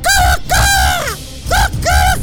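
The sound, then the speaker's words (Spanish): A loud rooster crow sound, played to wake someone up, in four quick bursts, the second one long and falling in pitch at the end, shrill and harmonic with no talking over it. “Esclavo, sonido de gallo para despertarme.”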